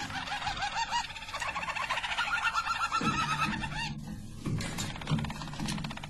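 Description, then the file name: Harz Roller canary rolling song with fast repeated looped notes and a steadier whistled roll, with low thumping sounds in the second half. Belgian Harz Roller canary. "canto do canario belga harz roller"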